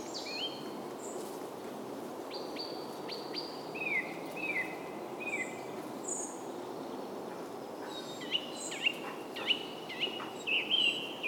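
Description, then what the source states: Bird calls: a run of short, slurred chirps, louder toward the end, with other high twitters over constant hissing noise. Soundscape.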